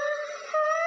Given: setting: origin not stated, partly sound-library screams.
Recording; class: one-second piece from a danger detection set; woman in danger